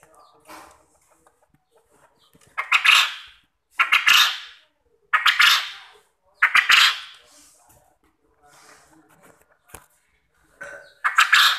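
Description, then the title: Quail calls: five harsh, loud bursts among softer scattered ticks and faint noises, with uneven gaps between calls. Quail call used as a lure to make quail answer and call vigorously. "Burung Puyuh Mana Yang Tidak Nyaut Dan Gacor Dengan Pancingan Ini"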